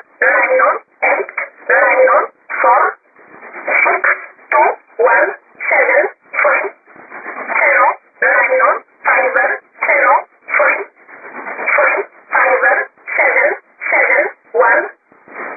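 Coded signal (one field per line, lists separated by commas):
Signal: numbers station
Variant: E11 Oblique, English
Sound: about 22 short spoken words or numbers, evenly paced, through narrow single-sideband radio audio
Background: radio static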